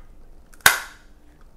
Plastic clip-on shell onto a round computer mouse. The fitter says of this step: makes a really nice satisfying snap sound when it Clips on but it feels very um secure